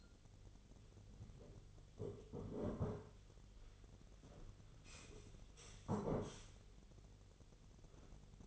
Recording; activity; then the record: daily activity, microphone in the room; sit down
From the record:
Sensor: 4